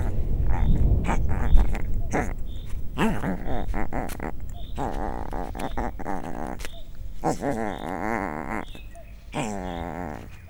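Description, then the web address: Leopard cub giving wavering, whining mews in bursts, pitch wobbling up and down, with low rumbling noise underneath. Captive three-week-old leopard cub at a zoo in Miskolc, recorded in 2009. "2009 leopard haromheteskolyokparcentirol mennydorges"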